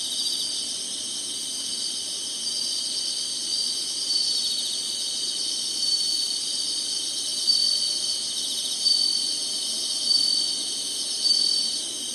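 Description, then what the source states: Insects singing in a dense, shrill high-pitched chorus that never stops, with slightly louder pulses coming through in the second half. Singing insects in summer.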